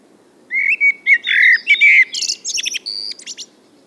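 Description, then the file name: Common blackbird song: a low, fluted warble, then a burst of high, squeaky twittering notes before the phrase trails off. "Turdus merula"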